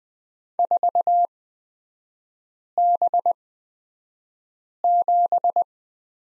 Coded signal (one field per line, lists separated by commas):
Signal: Morse code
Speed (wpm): 20 wpm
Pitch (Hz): 700 Hz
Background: none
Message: 4B7